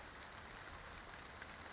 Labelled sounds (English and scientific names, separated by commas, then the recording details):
Western Flycatcher (Empidonax difficilis)
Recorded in Sonoma County, California